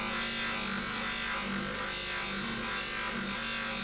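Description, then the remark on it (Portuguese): A scissor blade being filed smooth in Guarda, going from a coarser file to a finer one and then a finishing polish: steady, raspy scraping strokes repeat in a slow back-and-forth rhythm, each pass a hissy grind, with no talking. “Isto porque começa na milha mais grossa, depois vai para a milha mais fina e depois esta que é o acabamento, que é só um polimento de linha.”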